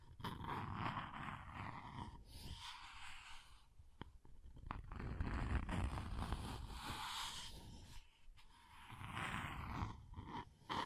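Scratching and tracing on a surface, a rough, grainy rasp that swells and fades in uneven strokes. Louder passages come around 1, 5 to 7, and 9 to 10 seconds, with brief dips and sharp ticks near 2, 4 and 8 seconds.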